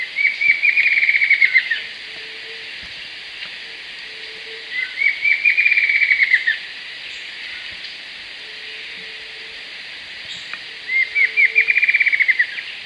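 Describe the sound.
Bird giving three quick, high chattering trills separated by long pauses, over a constant hiss.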